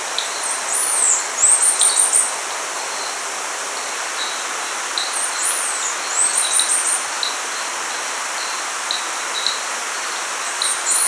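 Bird giving very high, thin phrases, each an arched note followed by rapid short notes, heard three times, with softer scattered chips over steady hiss.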